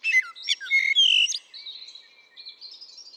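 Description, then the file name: Common blackbird giving a short burst of fluty whistles and squeaky chirps, then a thin, high wavering note trailing off. "Turdus merula"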